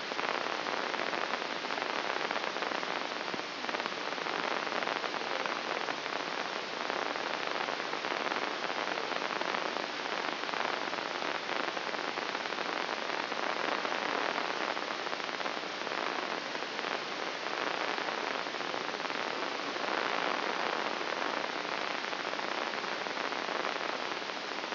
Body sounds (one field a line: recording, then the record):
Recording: brain microelectrode recording played as sound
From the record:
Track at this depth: inside the subthalamic nucleus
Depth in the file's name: 4.465 mm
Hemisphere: left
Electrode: 3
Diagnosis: Parkinson's disease